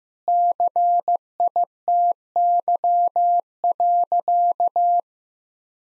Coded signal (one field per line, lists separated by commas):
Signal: Morse code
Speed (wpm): 15 wpm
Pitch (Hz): 700 Hz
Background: none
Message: CITY.